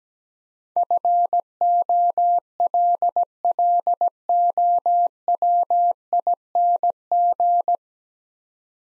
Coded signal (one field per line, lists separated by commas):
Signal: Morse code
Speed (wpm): 17 wpm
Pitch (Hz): 700 Hz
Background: none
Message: FOLLOWING